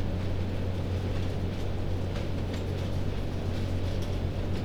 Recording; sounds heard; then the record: poultry house recording; no chicken sound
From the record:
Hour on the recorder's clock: 21